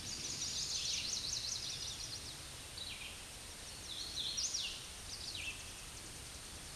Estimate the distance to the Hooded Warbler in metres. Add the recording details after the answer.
about 35 m. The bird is about 10 m above the microphone. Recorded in a Pennsylvania forest on 16 May 2024 at 08:57. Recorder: AudioMoth, point MSD-2163. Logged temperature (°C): 16.1 °C. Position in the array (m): 145 m, 138 m